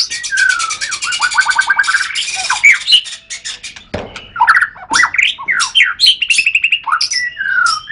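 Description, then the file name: White-rumped shama song: rapid rattling trills, then loud rising and falling whistles and sharp chattering notes, varied throughout. Murai batu named Matrix, associated with Pawang BC, Lhokseumawe; songbird-contest (kicau) context. "kicau murai batu matrix pawang bc lhokseumawe"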